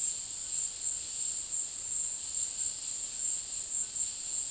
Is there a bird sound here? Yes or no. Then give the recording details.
no. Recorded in dense forest near Puerto Asís, Putumayo, Colombia, on 20 February 2024 at 14:30. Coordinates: 0.502, -76.326. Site G6460